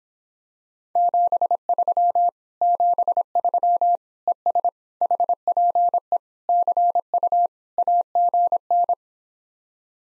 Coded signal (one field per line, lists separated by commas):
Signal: Morse code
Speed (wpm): 26 wpm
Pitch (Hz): 700 Hz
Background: none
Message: 73 73 ES HPE CU AGN